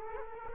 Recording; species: mosquito wingbeat signal from an infrared sensor; Culex quinquefasciatus